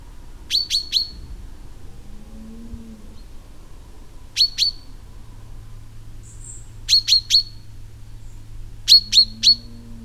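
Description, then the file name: Common chaffinch calls: short, sharp, metallic notes in quick bursts of two or three, repeated four times across ten seconds, over a faint low drawn-out sound and steady hum. "Fringilla coelebs"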